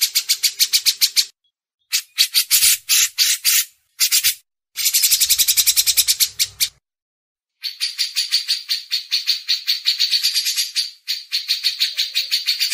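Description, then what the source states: Grey-cheeked bulbul chattering in short, choppy bursts of harsh, buzzy notes, then one longer, steadier rattling run. A brief low rumble comes midway. Masteran tutoring recording.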